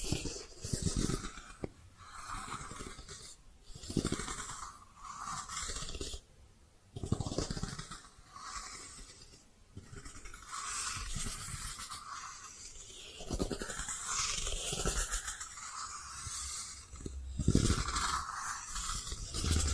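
Soft brushing strokes swish and scrape in uneven bursts every second or two, with brief quiet gaps and a few louder squishy scratches.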